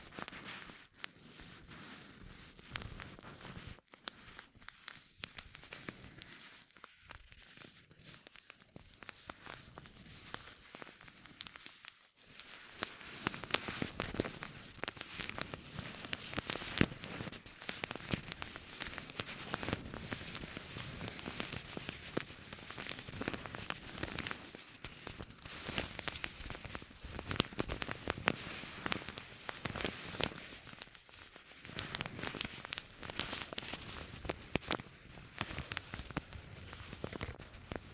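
Rubbing and crinkling go on throughout, a dense, irregular crackle of many tiny snaps with no steady rhythm. The first twelve seconds are sparser, with brief gaps. After that the texture turns fuller and louder and stays busy and bright to the end.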